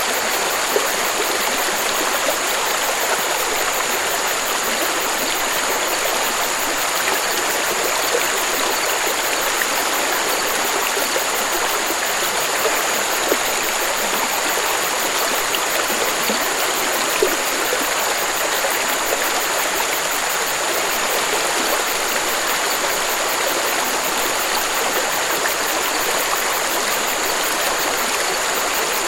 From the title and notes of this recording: FLOWING WATER GENTLE CALMING AMBIENCE. A gentle stream or a trickling waterfall, has a naturally calming and soothing effect on the mind and body.